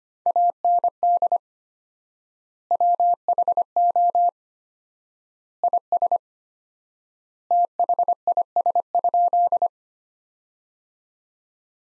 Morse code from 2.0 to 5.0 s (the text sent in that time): WHO